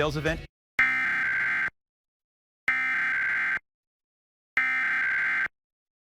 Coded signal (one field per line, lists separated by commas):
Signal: Emergency Alert System (SAME) tones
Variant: header bursts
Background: speech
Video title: Pennsylvania RMT for November and December 2023 [EAS #1,141-1,155]